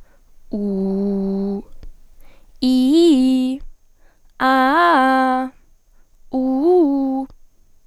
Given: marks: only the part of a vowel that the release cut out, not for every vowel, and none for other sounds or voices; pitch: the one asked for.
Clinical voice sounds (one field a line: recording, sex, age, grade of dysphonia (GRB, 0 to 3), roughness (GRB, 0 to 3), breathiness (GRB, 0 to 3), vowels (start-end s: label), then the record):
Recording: sustained vowels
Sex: female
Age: 20 to 29 years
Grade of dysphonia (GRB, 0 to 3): 0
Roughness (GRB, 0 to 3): 0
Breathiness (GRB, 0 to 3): 0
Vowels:
0.63-1.49 s: vowel /u/, low pitch
2.72-3.48 s: vowel /i/, low-high-low pitch
4.52-5.38 s: vowel /a/, low-high-low pitch
6.40-7.16 s: vowel /u/, low-high-low pitch
From the record:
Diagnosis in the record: healthy voice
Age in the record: 20 years